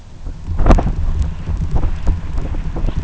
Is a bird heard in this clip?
no